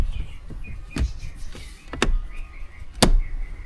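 An installer pushes a Midland MXT275 radio's cable connector home into its mating socket during an install in a 4th gen Toyota Tacoma. Over faint background chirping, there are sharp ticks near 1.0 and 2.0 seconds, then a crisp, loud click at 3.0 seconds as the connector seats properly.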